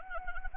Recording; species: mosquito wingbeat signal from an infrared sensor; Anopheles arabiensis